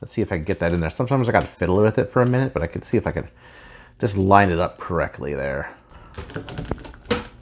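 Someone talks while fiddling with a hinged plastic panel, trying to line it up to press it into the body of a Kingdom Megatron transforming action figure, a fit that is difficult to line up and super tight. Soft handling noises sit under the speech, with a brief sharp tap near 7.1 s. Nothing has seated or clicked yet.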